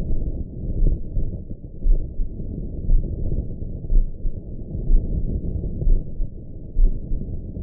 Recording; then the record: heart sounds by optical stethoscope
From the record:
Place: mitral valve (MV)